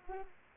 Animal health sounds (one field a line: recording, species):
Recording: mosquito wingbeat signal from an infrared sensor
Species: Anopheles arabiensis